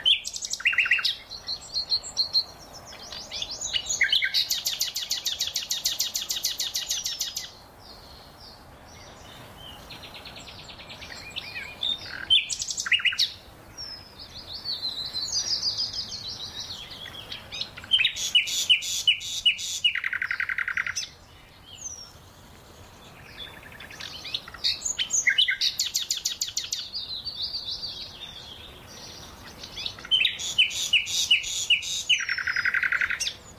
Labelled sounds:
Eurasian Penduline Tit call

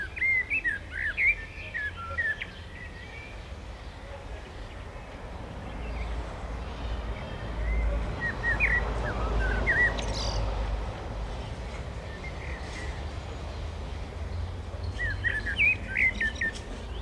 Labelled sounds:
Common Blackbird song

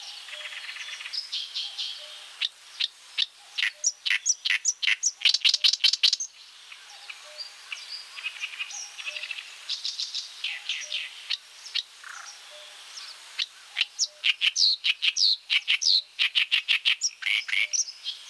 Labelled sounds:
Oriental Reed Warbler song

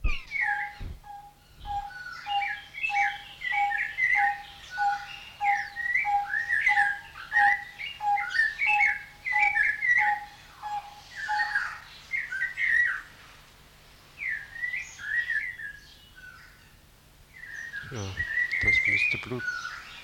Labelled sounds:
Snowy-crowned Robin-Chat

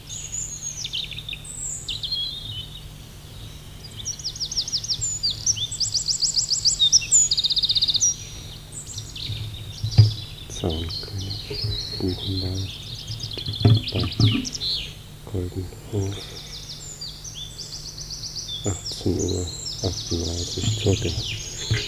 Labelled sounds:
Eurasian Wren song

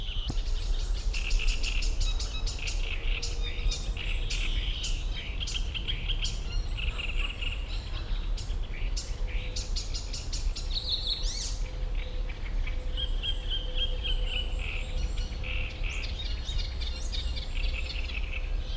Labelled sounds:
Great Reed Warbler

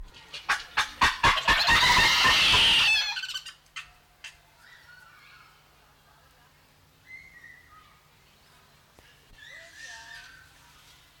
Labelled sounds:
Mandrill call

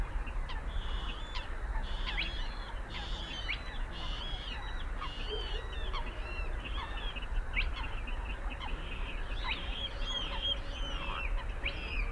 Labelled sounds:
Spotted Crake

